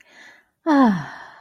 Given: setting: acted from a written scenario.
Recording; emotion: vocal sound without words; contentment